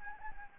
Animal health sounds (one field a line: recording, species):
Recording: mosquito wingbeat signal from an infrared sensor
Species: Anopheles gambiae